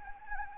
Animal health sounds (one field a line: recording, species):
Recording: mosquito wingbeat signal from an infrared sensor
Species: Anopheles arabiensis